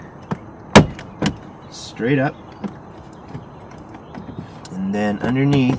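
The other side of the plastic shifter surround trim on a Kia Sorento center console is pulled straight up, and a loud click at 0.8 s marks its trim clip popping loose. Smaller clicks and rustles follow, and someone talks.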